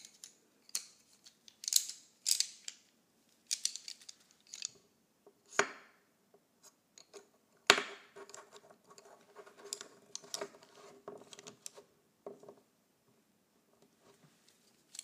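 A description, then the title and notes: Colored pencils clatter and tap, with quick bright scratches, a sharp knock near six and eight seconds, then softer rustling. ASMR Colored Pencils.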